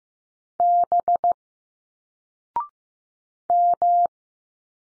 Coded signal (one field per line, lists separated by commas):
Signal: Morse code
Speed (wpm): 15 wpm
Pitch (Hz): 700 Hz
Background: none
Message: B M